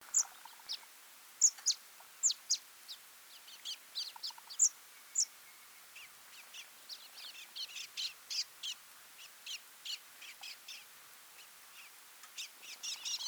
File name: Scaly feathered weaver